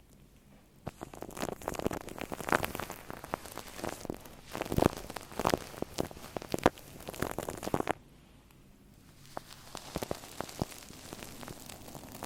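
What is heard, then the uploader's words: Shaving cream foams and crackles against a microphone in dense, irregular pops and fizzing bursts, loudest from about one to eight seconds with sharp snaps near five and six and a half seconds. Afterward it settles into a quieter, softer hiss with scattered crackles. Shaving Cream on Mic. Brainmassage mit Schaum.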